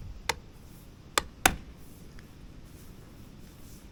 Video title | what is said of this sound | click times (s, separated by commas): 2023-2026 Honda HR-V CR-V Painted Mirror Caps Super Cheap | As you can see, it just snaps right in. | 0.3 s, 1.2 s, 1.5 s